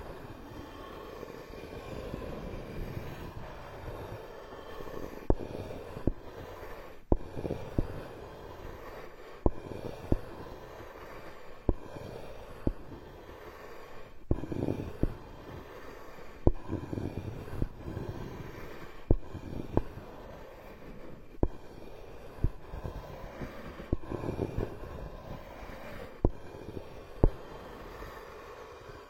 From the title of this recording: Tree Ear Picking Supreme Spa Ear Massage